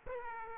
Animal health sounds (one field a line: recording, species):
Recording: mosquito wingbeat signal from an infrared sensor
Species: Aedes aegypti